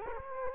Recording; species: mosquito wingbeat signal from an infrared sensor; Culex quinquefasciatus